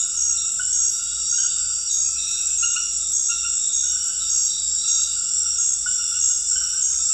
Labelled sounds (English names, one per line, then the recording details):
none
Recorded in dense forest near Puerto Asís, Putumayo, Colombia, on 20 February 2024 at 23:00
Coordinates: 0.484, -76.317
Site G6464